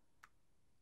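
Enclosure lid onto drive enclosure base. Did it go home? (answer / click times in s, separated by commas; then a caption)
yes / 0.2 s. The plastic lid of an M.2 external drive enclosure is slid over the board onto the enclosure base until it latches. A single short, sharp click at 0.2 s stands out against a quiet background, with its energy centered around 1–2 kHz. The lid is seated and latched shut.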